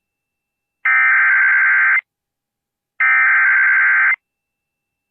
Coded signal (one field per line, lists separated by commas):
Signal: Emergency Alert System (SAME) tones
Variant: header bursts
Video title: Severe Thunderstorm Warning on 95.1 KXEI-FM Havre, MT (8/4/22) (EAS #1,443)